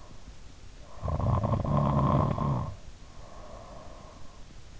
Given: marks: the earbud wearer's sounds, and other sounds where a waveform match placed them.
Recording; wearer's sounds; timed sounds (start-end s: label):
sounds in sleep by an in-ear microphone; snoring breath
0.83-4.30 s: snoring breath